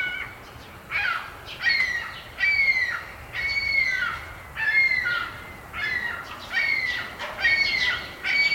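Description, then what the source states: Ring-billed Gull calling in loud, squealing, downslurred cries, roughly one per second, some notes drawn out and wavering. Recorded at Carden Alvar in August 2026.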